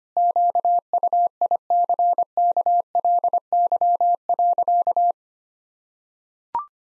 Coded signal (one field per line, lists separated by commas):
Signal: Morse code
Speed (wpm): 25 wpm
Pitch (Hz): 700 Hz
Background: none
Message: QUICKLY.